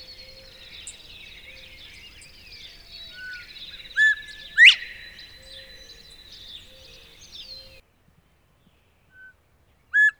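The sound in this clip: Northern bobwhite whistle, a short clear note followed by a loud upswept one, heard over a dense insect and bird chorus that cuts out abruptly, then further brief notes.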